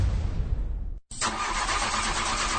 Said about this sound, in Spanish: ¿Qué? ¿No quiere arrancar el auto? Cambia a tu batería vieja.